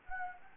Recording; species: mosquito wingbeat signal from an infrared sensor; Anopheles gambiae